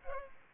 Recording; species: mosquito wingbeat signal from an infrared sensor; Culex pipiens